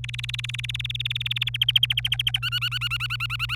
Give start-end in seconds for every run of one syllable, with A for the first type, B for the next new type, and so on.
0.04-1.49 A, 1.54-2.39 B, 2.42-3.55 C